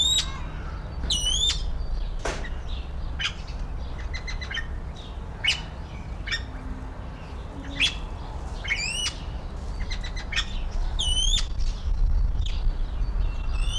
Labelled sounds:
Golden Pheasant call

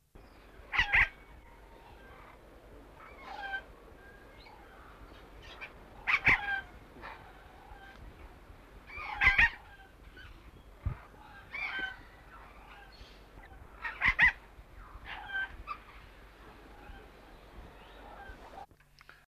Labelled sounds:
Blue-winged Macaw call

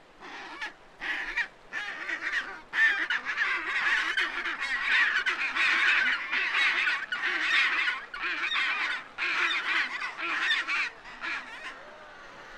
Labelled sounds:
Chinstrap Penguin call

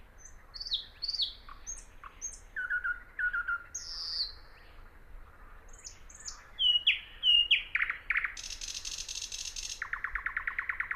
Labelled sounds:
Thrush Nightingale song

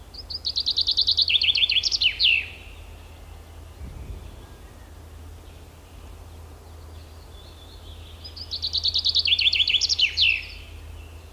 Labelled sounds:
Common Chaffinch song

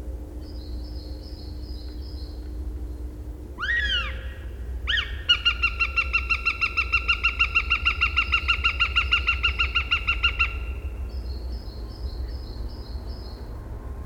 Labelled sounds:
Northern Goshawk call

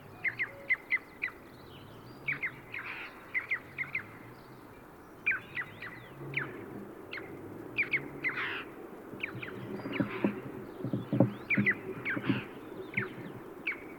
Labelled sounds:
Red-billed Chough call

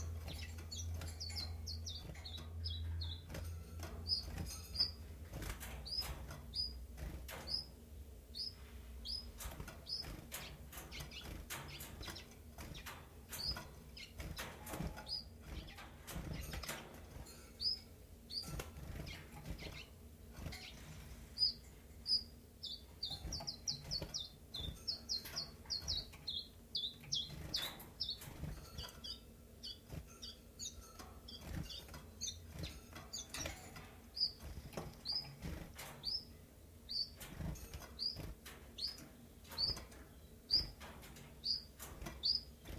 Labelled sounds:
Common Chiffchaff

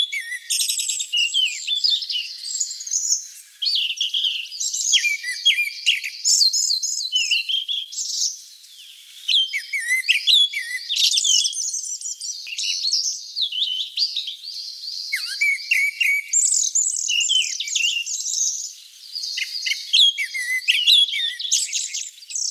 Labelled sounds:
Grey-backed Thrush song

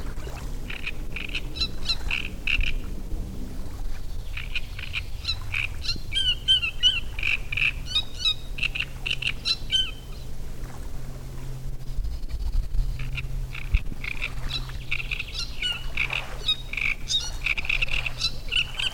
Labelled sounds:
Great Reed Warbler

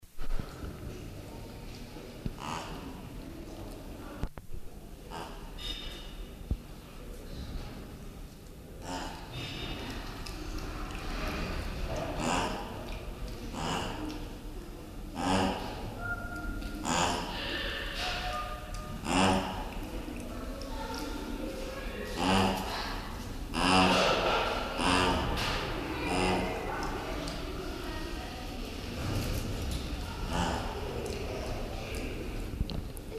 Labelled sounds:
De Brazza's Guenon call

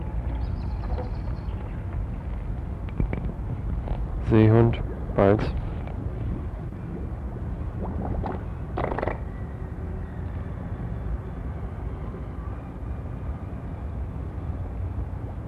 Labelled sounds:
Harbor Seal

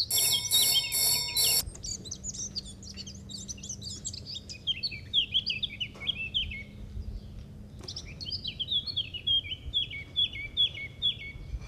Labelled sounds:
Eurasian Blackcap song

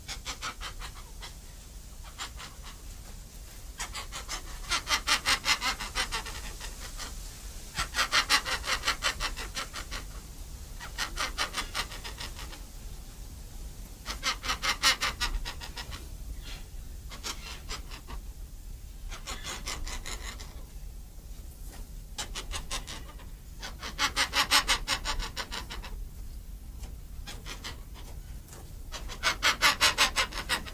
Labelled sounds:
White Cockatoo call

